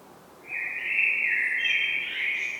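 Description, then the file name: Common blackbird song: one long, rich, flowing whistled phrase that lilts and ends with a faint higher flourish. "Turdus merula"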